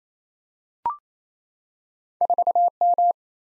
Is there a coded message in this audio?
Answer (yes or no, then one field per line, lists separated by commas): yes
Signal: Morse code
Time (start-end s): 2.2-3.1 s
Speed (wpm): 27 wpm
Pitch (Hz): 700 Hz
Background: none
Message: 4M